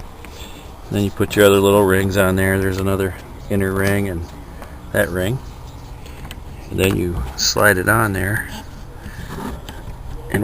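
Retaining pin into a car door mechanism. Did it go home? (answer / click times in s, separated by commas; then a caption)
yes / 10.3 s. Someone talks while a metal pin fitted with its inner and outer retaining rings is slid into its spot in the mechanism of a sprung Jeep door. The pin pops into place with a sharp click at 10.4 s, seating it.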